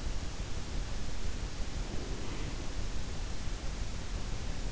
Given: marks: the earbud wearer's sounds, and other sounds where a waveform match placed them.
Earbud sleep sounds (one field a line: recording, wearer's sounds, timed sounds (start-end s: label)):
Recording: sounds in sleep by an in-ear microphone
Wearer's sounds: breath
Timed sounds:
1.87-3.51 s: breath